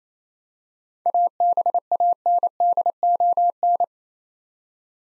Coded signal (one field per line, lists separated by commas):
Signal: Morse code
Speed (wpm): 27 wpm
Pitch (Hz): 700 Hz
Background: none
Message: ABANDON